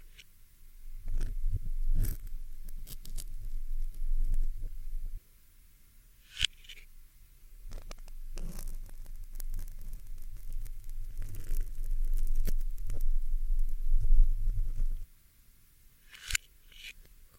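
A pin is plucked from a microphone, giving low thumping rumbles that run from about one to five seconds and again from eight to fifteen seconds. Sharp bright clicks and scrapes punctuate it, notably near 2, 6.5, 8.5, 11.5 and 16 seconds, with near quiet between.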